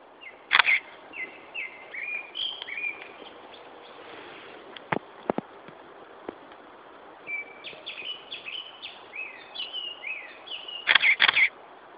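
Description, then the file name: Japanese thrush song in two bouts of varied whistled phrases, rising and falling notes, separated by a pause with sharp knocking sounds; a few loud harsh bursts and steady hiss. "Turdus cardis"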